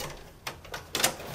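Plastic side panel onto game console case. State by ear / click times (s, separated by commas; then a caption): seated / 0.5 s, 0.9 s. A plastic side panel is pressed onto the side of an Xbox game console case, giving sharp plastic clicks at about 0.5 s and 1.0 s, with softer clicks in between and just after. The panel clips in and snaps into place, seated.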